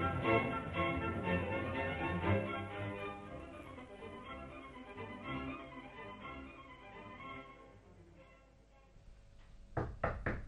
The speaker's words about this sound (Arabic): من يطرق الباب؟